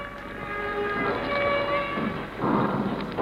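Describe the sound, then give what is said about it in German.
A siren wails in a sustained, steady tone with layered harmonics over a low rumbling background, swelling slightly louder toward the end. No one speaks. “Was ist das? Eine Sirene?”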